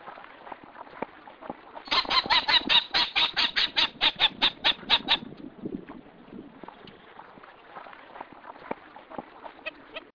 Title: LuckyPassaro Completos2Sama. Wattled Jacana (Jacana jacana)